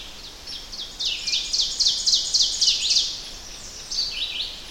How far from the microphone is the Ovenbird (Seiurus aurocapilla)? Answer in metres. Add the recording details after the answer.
about 25 m. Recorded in boreal forest in Alberta, Canada, on 10 June 2016 at 06:56. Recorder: SongMeter 3, array SBT-3-39. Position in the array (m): 196 m, 89 m. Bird 17